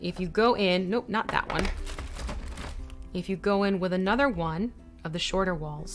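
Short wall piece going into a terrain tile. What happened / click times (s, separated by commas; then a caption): A plastic wall piece is being handled and has not yet clicked into place / none. Someone talks while handling a shorter plastic wall piece, bringing it toward a WarLock Tiles terrain tile, with faint handling noises beneath the voice. Nothing has seated or clicked yet; the wall has not been pushed home into the tile.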